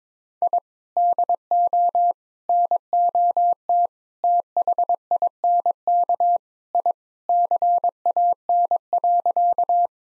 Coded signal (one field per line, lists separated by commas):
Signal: Morse code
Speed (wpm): 22 wpm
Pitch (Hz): 700 Hz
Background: none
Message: I DO NOT THINK I CAN.